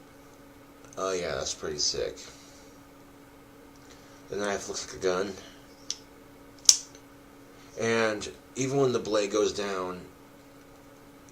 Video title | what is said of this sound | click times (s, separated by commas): Coffee Review 2016-10-14 | Right now, it locks into place pretty good. | 6.7 s